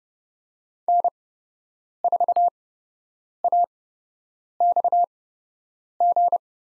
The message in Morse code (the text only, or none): N4AXG